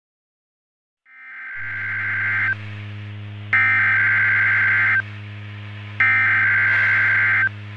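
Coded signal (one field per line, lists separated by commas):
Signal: Emergency Alert System (SAME) tones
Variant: header bursts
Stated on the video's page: Fictional EAS scenario.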